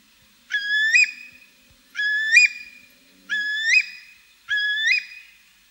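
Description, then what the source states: Slender-billed Curlew calls: four clear, rising whistled notes with a sharp upward flick at the end, repeated about every 1.3 seconds against a quiet background. The only existing voice recording of the species, replayed.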